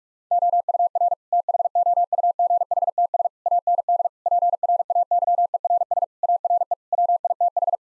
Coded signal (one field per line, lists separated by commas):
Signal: Morse code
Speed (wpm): 48 wpm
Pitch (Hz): 700 Hz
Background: none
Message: OUR THOUGHTS AND PRAYERS ARE WITH